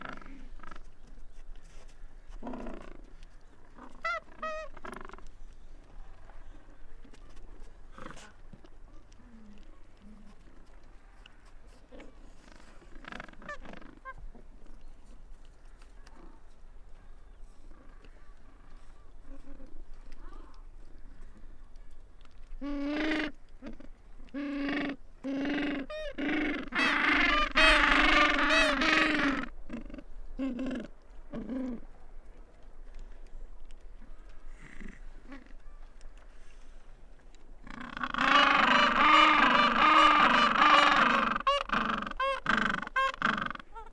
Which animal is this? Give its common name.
Gentoo Penguin